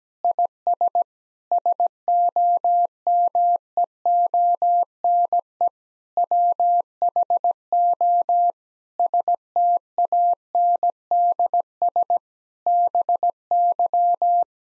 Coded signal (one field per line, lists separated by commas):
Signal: Morse code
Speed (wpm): 17 wpm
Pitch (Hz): 700 Hz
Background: none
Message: IS SOMEONE WHO STANDS BY